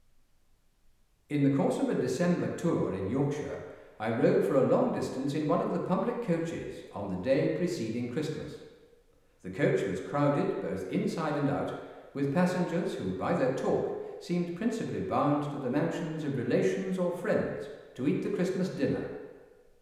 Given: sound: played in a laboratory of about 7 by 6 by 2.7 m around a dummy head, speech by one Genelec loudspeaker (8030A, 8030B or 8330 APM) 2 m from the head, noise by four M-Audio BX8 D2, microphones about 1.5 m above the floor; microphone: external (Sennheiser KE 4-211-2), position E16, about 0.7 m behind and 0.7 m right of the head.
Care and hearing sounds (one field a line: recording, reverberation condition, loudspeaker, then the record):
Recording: male speech in English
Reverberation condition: high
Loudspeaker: behind (180 degrees)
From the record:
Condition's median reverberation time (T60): about 1300 ms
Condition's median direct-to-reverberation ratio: about -4.0 dB